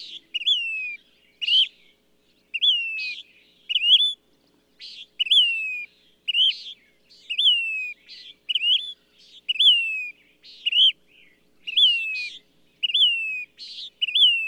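Bird singing steadily, with sharp upslurred whistles falling away in long glides, mixed with harsh buzzy notes, repeating roughly every second over a quiet background.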